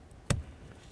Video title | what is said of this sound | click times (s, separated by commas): How To Replace Blower Motor 2006-12 Ford Fusion | we're just going to take that we'll slide it right in listen for a click | 0.3 s